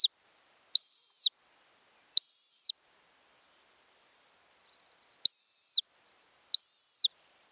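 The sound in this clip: Montagu's harrier giving high, steady whistled notes in pairs, each about half a second long, with a gap of silence in the middle.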